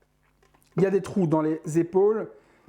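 A statue accessory is handled near the holes in the statue's shoulders, with a few faint taps around 0.5 to 0.6 s before someone talks from about 0.8 s to the end. The clip ends before the piece slots into the shoulder holes, so nothing has seated yet.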